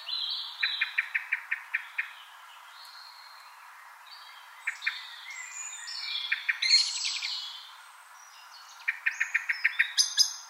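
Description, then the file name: Common blackbird calls: short sharp chinks repeated in quick bursts at the start and end, with scattered higher warbled notes in between. "Turdus merula"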